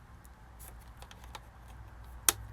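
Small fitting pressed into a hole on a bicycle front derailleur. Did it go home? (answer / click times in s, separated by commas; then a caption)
yes / 2.3 s. A small fitting is pressed into a hole on a bicycle front derailleur during installation. Faint ticks and light handling sounds come through low background noise, then a sharp, loud click at 2.3 s as the part snaps into place and is held.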